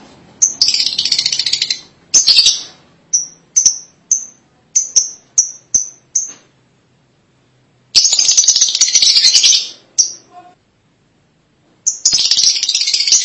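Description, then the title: Lovebird calls alternating harsh shrill chattering bursts with an evenly spaced run of short sharp chirps, separated by silent gaps. "BM Suara Burung Lovebird"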